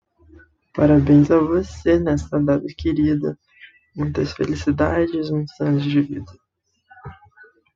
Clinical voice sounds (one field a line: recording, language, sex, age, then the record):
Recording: short text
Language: Brazilian Portuguese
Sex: male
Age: 18 to 19 years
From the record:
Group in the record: control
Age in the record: 19 years